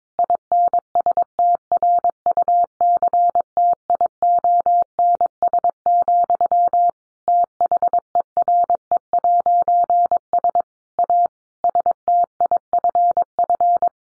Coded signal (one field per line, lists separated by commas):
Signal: Morse code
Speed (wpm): 22 wpm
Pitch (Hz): 700 Hz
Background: none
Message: INSTRUCTIONS, THERE'S A STIFF